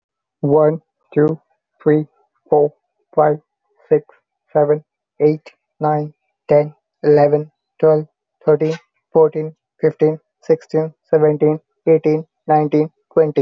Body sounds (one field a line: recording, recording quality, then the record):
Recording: counting at a normal pace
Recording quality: excellent, no background noise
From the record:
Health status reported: healthy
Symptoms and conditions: none ticked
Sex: male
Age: 23 years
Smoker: not ticked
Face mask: not worn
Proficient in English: yes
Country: India